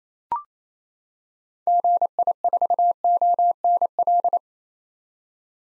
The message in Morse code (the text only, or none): GI4ONL